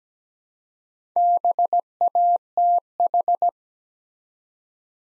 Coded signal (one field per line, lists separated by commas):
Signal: Morse code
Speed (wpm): 17 wpm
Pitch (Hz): 700 Hz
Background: none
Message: BATH